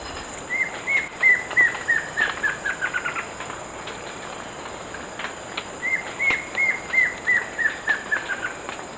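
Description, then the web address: Plain Antvireo song heard twice: each a rapid, gently descending series of short notes, separated by a few seconds with steady insect hum behind. Recorded in Ecuador. "Natures Songs S America Birds of Ecuador Plain Antvireo"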